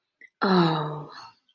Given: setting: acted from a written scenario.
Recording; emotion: vocal sound without words; relief